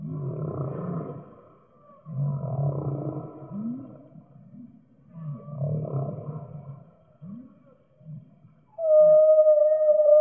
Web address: humpback whale